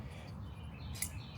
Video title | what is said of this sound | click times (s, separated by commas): Drachenader Y-M Button Lock Pocket Knife / 50 Likes = Free Knife! | oh man yeah and you can hear that click as it opens up and | 1.0 s